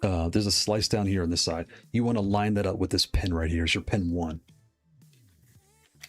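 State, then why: Seated. Someone talks while lining up the flat slice on a pin-keyed component with pin one on a leverless controller board (Qanba Y03 wireless). The part is pressed into its socket, and a short sharp click at 6.0 s marks it seating home.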